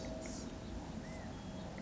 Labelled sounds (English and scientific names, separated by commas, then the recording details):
Blue-gray Gnatcatcher (Polioptila caerulea)
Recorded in Sonoma County, California